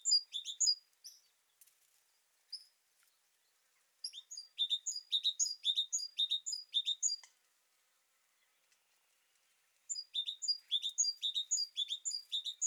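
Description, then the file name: Great tit calling in three bouts of rapid high chips, with silent gaps between bouts. "Parus major"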